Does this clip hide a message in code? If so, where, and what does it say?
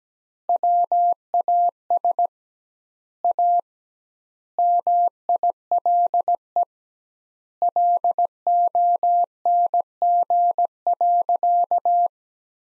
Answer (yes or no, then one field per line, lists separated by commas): yes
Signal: Morse code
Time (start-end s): 0.5-12.1 s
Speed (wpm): 17 wpm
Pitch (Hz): 700 Hz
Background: none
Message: WAS A MILE LONG.